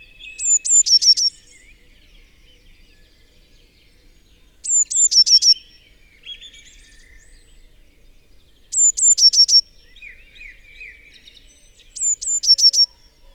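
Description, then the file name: Eurasian blue tit singing a repeated phrase four times: high piercing notes followed by a quick, slightly lower trill, with soft background bird calls. "Cyanistes caeruleus"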